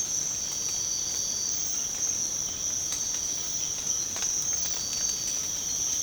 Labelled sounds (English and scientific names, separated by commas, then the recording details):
none
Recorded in secondary vegetation near Puerto Asís, Putumayo, Colombia, on 19 March 2025 at 05:30
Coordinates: 0.485, -76.322
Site G040